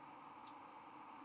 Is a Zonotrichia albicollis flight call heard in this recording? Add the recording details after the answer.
no. No flight call is heard. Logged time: 00:29 on 23 November 2014